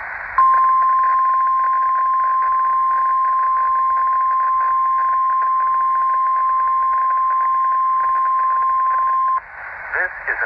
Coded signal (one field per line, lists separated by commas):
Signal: Emergency Alert System (SAME) tones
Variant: 1050 Hz attention tone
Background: speech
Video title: [EAS #78] 2021 Tsunami Communications Drill (Required Monthly Test on WNG655)